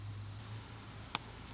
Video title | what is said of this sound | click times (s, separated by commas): How to Use the 75 Piece Bit Set | Press firmly until we hear a click. That means it's installed well. | 1.1 s